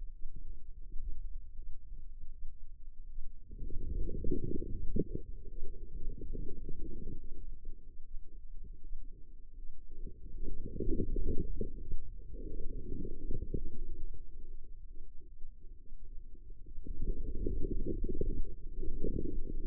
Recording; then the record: forearm muscle sounds (acoustic myography)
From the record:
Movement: inward rotation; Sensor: system 2, bracelet of six BSWA MPA416 microphones around the upper forearm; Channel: 2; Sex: female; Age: 25 years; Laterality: right